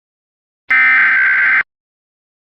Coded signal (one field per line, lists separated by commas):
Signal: Emergency Alert System (SAME) tones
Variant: header bursts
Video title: EAS Scenario - "The Mandela Effect" (Remastered) V2: Area & Font Updates